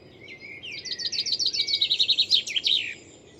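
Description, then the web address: Bird sings one quick series of high, pulsing chirps, building up and ending with a couple of stronger downslurred notes. "cianscape birddata Deverinetal 2025 File origin Bird Only"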